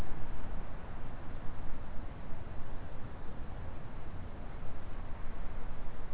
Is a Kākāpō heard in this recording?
no